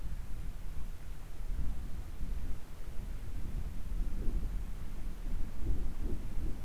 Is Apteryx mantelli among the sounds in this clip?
no